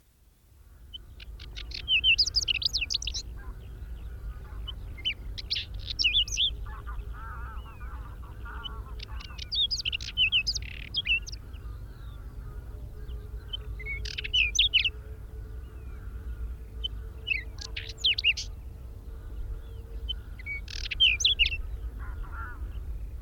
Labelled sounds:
Whinchat song

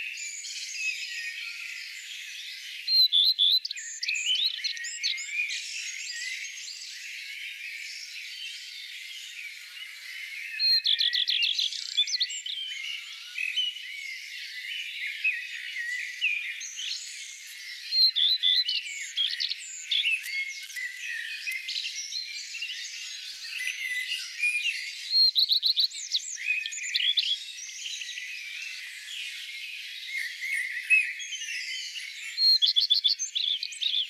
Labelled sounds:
Common Redstart song

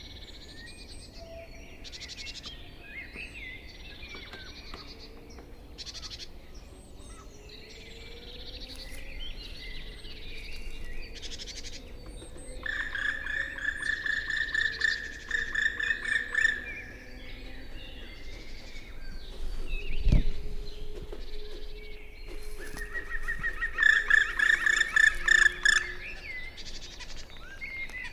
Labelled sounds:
Black Woodpecker flight call

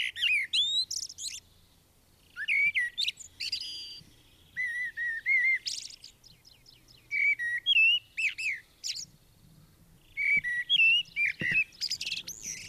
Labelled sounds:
Common Blackbird song

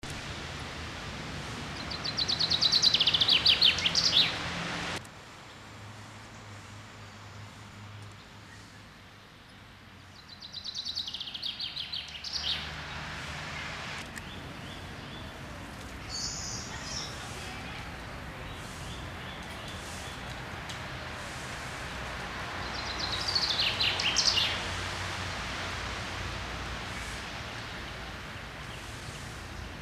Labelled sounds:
Common Chaffinch song

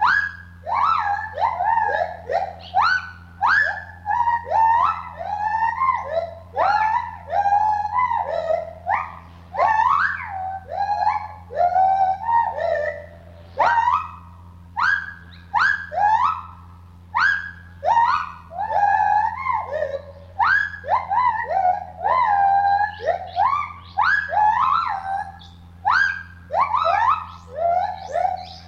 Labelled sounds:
Lar Gibbon

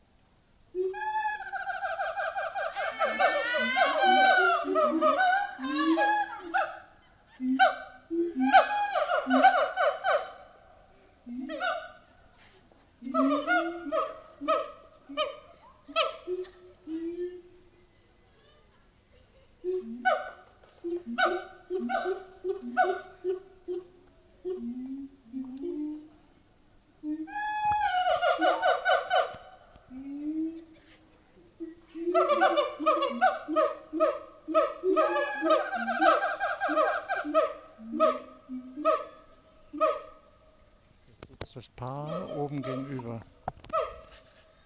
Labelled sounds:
Siamang

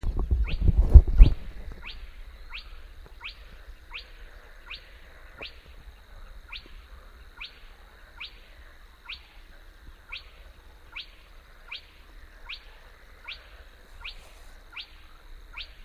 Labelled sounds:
Spotted Crake

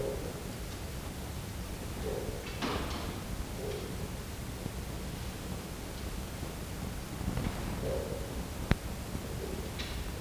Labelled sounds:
Red Fox

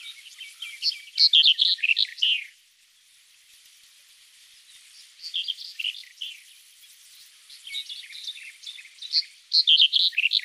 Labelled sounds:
Red-headed Bunting song

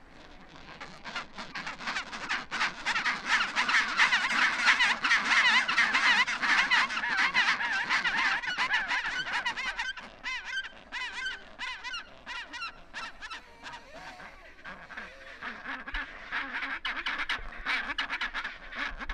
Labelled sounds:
Chinstrap Penguin call

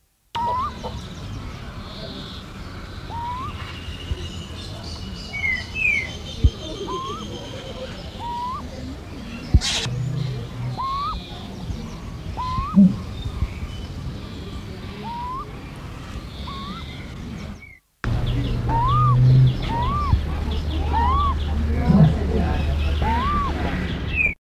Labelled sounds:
Dusky-legged Guan call

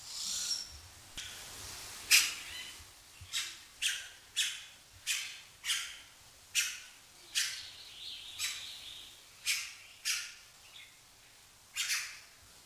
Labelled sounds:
Red-rumped Cacique call

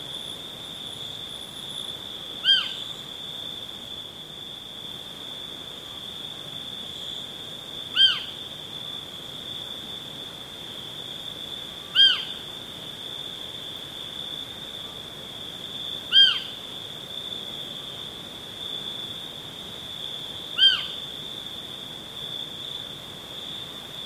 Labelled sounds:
Little Owl

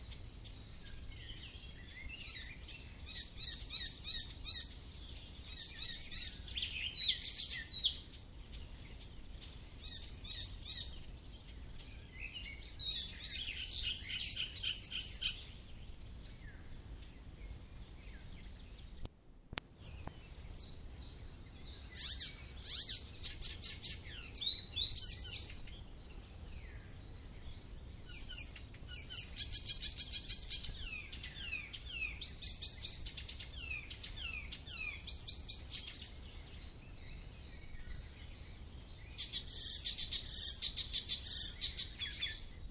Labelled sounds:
Icterine Warbler song

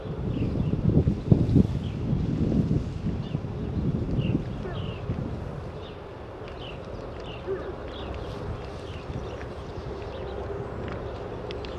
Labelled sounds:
Moose call

